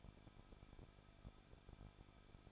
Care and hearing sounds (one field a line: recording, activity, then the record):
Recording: daily activity, microphone in the room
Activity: no activity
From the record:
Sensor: 5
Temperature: 20.9 degrees Celsius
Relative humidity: 38.1%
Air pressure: 1006.4 hPa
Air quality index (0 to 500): 187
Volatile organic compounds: 18 ppm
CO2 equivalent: 2624 ppm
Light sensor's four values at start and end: 2/3/1/1 and 2/3/1/1